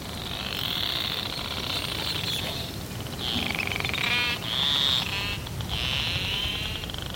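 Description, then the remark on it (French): A narwhal named Fram 2, recorded on a fixed underwater hydrophone, makes loud creaking bursts of clicks so tightly packed they become a creak, buzzing in pulsed, raspy waves around a high band, repeating several times over a constant hissing background; no voices. “Et ces cris que vous venez d'entendre, c'est des clics qui sont tellement proches, l'un à l'autre, tellement près, l'un à l'autre, que ça devient un creak, hein, au lieu d'un toc, toc, toc, toc.”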